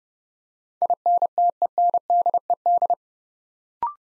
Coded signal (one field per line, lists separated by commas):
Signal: Morse code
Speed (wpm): 30 wpm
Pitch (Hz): 700 Hz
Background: none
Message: INTENDED